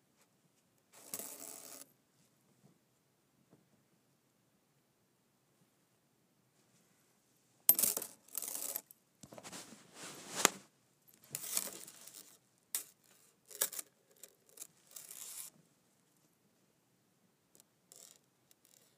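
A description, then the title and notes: A metal chain clinks and rattles in short bursts, with one brief jangle near the start, then a long quiet stretch before a busier run of clatters from about eight to fifteen seconds. The links sound bright and jingly, and a few faint clicks close the clip. ASMR Metal Clinking Chain.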